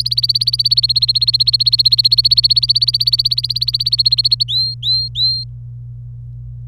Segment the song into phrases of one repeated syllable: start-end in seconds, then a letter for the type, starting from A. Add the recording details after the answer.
0.00-4.43 A, 4.48-5.44 B. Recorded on 25 April 2018 at 16:05. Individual llb3